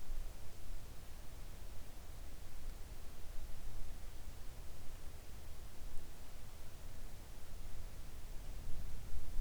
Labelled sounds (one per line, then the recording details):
near silence
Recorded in the Arctic National Wildlife Refuge, Alaska, on 3 August 2019 at 06:12
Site 41